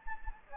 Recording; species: mosquito wingbeat signal from an infrared sensor; Anopheles gambiae